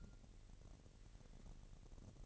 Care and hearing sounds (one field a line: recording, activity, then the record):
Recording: daily activity, microphone in the room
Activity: take from stove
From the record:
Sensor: 4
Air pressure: 1012.8 hPa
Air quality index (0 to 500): 240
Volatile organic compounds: 4 ppm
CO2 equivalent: 1595 ppm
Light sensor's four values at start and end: 27/65/26/25 and 26/63/25/25